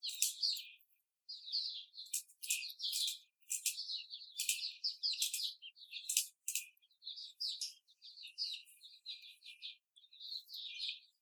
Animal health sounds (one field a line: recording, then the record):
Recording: young laying hens in a cage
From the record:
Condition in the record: before the stressor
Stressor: simulated dog barking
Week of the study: 4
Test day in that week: 2